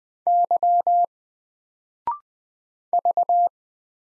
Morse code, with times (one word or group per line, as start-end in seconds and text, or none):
0.3-1.0 Y
2.9-3.5 V